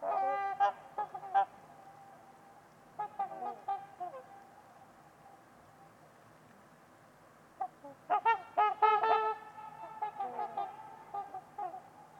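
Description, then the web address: Trumpeter swans trumpeting loudly, nasal honks in rapid bursts at the start, a quieter run midway, then a dense burst of honks later. Trumpeter swans on a winter's eve at Winters Lake, in a deep, silent winter valley, with distant white noise. "Trumpeter Swans on a Winter's Eve. Winters-Lake-with-Swan. Wind Is the Original Radio"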